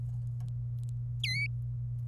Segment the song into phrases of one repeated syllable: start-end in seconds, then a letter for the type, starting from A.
1.24-1.46 A